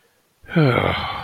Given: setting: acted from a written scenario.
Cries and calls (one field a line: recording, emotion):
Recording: vocal sound without words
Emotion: contentment